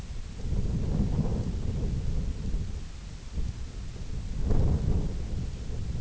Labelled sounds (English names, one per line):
none